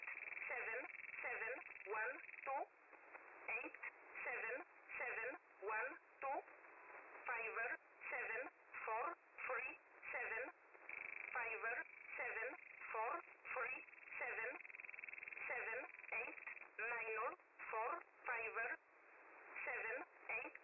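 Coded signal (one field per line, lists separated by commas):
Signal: numbers station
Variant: E11, English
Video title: Spy Numbers, E11, 7850 Khz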